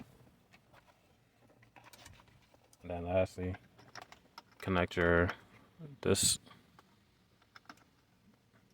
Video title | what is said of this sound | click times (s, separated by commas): 7th Gen Maxima Driver Airbag And Clockspring Replacement | you hear it click in place | 7.6 s